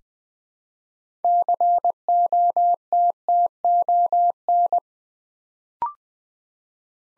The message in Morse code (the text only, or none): COTTON